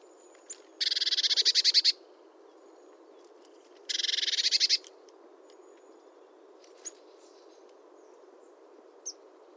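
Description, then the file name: Eurasian blue tit giving two rapid, buzzy churring rattles of closely spaced notes about three seconds apart, with a few thin high call notes before and after them. "Cyanistes caeruleus"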